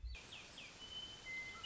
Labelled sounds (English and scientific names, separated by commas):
Western Meadowlark (Sturnella neglecta)